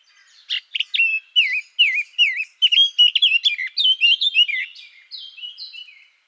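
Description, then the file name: Eurasian blackcap song: a clear sequence of looping, fluty whistled notes, several repeated alike, ending with higher drawn-out notes. "Sylvia atricapilla"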